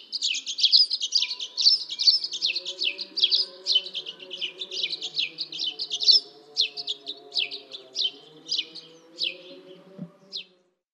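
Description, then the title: Dead Sea sparrow song: a fast run of short, sharp chirps, slowing and thinning toward the end, over a faint low hum. "Aplikasi Suara Burung. Dead Sea Sparrow (Passer moabiticus)"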